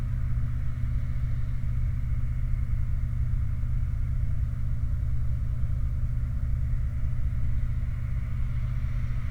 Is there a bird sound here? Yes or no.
no